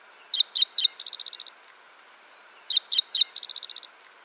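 Spotted Towhee song: three sharp introductory notes followed by a fast buzzy trill, given twice about two and a half seconds apart, with a faint steady hum beneath.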